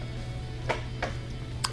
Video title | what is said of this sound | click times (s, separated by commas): ✨ DISHWASHER HAS NO POWER (EASY FIX) ✨ | it'll just click into place it as those three turn three tabs | 1.0 s, 1.7 s